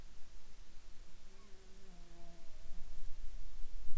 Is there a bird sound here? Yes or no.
no